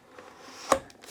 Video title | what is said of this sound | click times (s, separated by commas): I Tested the New Shark MessMaster Hydrovac WD261 – Here's What I Found | Click into play give it a tug I can't remove it it's installed | 0.7 s